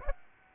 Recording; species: mosquito wingbeat signal from an infrared sensor; Aedes aegypti